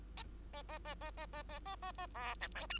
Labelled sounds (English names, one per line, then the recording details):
Bengalese Finch song
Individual Bird2